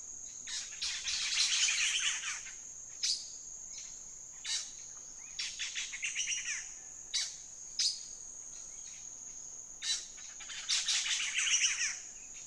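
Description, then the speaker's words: Black-headed Saltator song: bursts of harsh, noisy chatter every few seconds, some longer and denser than others, over a continuous high insect drone. Song described as a noisy chatter that accelerates. "But the song of the black-headed saltator is very different, a noisy chatter that accelerates."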